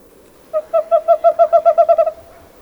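Bird hooting about eleven times in a quick, steady run of low, even notes that quicken a little toward the end, with little else audible.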